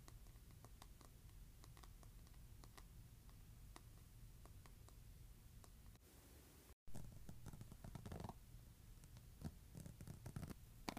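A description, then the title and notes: A hairbrush is scratched in quick, uneven strokes, giving a dense run of short crackling clicks over a low, steady rumble. Near the seven-second mark the sound cuts out for an instant, then returns louder, with rougher, fuller scraping bursts toward the end. ASMR Scratching Hairbrush.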